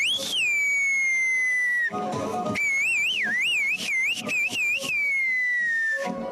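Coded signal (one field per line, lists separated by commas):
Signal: whistled language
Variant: Turkish Kuş dili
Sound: loud gliding whistle, long falling tone, pause, then rapid warbling whistled phrase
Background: outdoor crowd noise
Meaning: Ayşe, come to me tomorrow, let's pick tea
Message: Ayşe yarın gel bana çay keselim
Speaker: Ayşe yarın gel bana çay keselim. Şimdi nasıl diye de bakalım.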